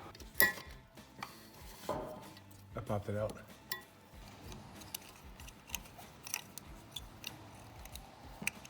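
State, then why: Not seated. A passenger-side rear O2 sensor extension connector is handled near its harness plug during a Corsa long tube header install on a Dodge Charger. Scattered sharp ticks and light plastic rattles are heard as someone briefly talks over faint music. Nothing has seated or clicked yet.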